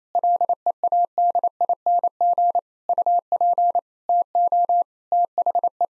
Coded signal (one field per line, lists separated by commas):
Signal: Morse code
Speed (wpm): 28 wpm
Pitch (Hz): 700 Hz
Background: none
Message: LEADING UP TO THE